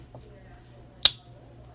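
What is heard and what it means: A Rough Ryder RR2401 Muskrat folding pocketknife from the New Gen StoneWorx line has its blade closed into the handle against the backspring. After a faint tick near 0.2 s, the blade gives one sharp, loud snap at 1.1 s that rings briefly, then quiet resumes. It is a good, confirmed snap closed.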